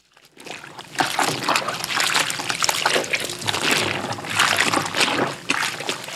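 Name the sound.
river water splashing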